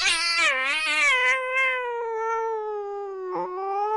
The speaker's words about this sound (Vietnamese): Trong tủ, nơi tầm tay cậu, đột nhiên vang lên một tiếng mèo kêu lên thảm thiết.